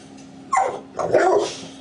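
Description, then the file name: Grey parrot giving two short, harsh spoken-sounding bursts, the second longer and rougher, with a steady low hum underneath. Grey parrot named Grig, talking. "a vot eto razgovarivaet odna pernataya skotina po imeni grig"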